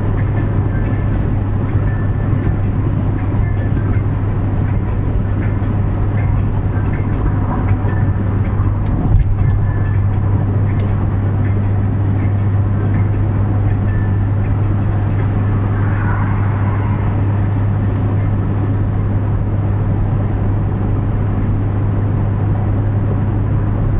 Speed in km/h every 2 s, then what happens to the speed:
115, 115, 115, 114, 114, 114, 115, 116, 116, 116, 116, 117.
0-24 steady at about 115.